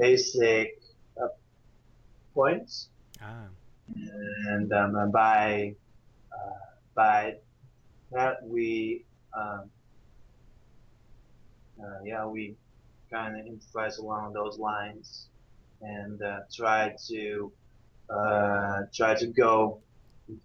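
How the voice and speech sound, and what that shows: Adult male from the Netherlands who stutters, speaking English, not his native language, after about 12 months of working on his speech. His speech is broken by frequent filled pauses ("uh", "um"), word and phrase repetitions such as "by uh, by" and "try to uh, try to", drawn-out sounds and long silent pauses, in a low male voice.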